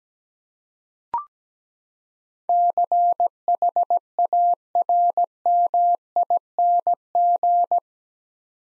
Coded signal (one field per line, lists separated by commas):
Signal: Morse code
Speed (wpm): 17 wpm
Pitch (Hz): 700 Hz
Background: none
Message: CHARMING